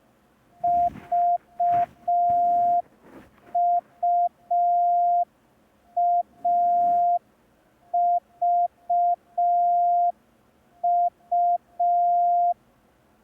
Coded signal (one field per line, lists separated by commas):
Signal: Morse code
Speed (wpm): 5 wpm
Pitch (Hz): 700 Hz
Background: none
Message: VUAVU